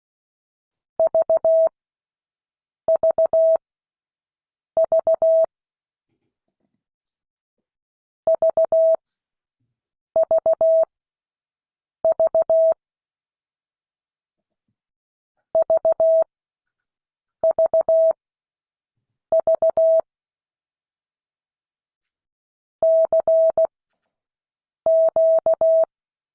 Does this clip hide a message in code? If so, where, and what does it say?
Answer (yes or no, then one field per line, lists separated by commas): yes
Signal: Morse code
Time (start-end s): 1.0-25.8 s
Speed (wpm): 16 wpm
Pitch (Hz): 650 Hz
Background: none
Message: VVV VVV VVV CQ